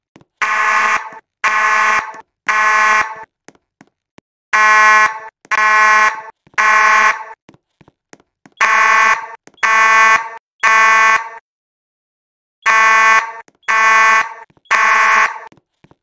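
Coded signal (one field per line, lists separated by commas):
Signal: alarm pattern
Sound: buzzy fire alarm horn in groups of three short blasts, repeated four times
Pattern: temporal three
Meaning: Temporal-3 means evacuate the building because of fire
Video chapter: Code 3 / Temporal 3 3:37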